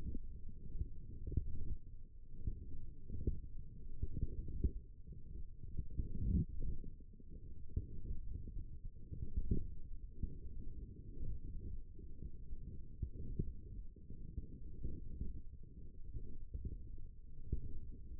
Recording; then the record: forearm muscle sounds (acoustic myography)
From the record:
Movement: wrist flexion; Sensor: system 1, eight BSWA MPA416 microphones around the upper forearm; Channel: 3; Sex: female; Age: 20 years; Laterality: right